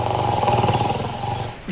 That is bordering on jackhammer. It's like someone's like digging up a driveway or something. It's a good consistent flow of snoring.